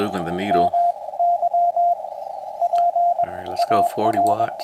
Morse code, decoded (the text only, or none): MY P AR